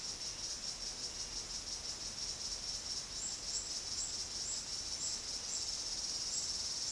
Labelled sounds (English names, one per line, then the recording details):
none
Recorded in secondary vegetation near Puerto Asís, Putumayo, Colombia, on 21 February 2024 at 10:30
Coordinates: 0.472, -76.331
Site G6371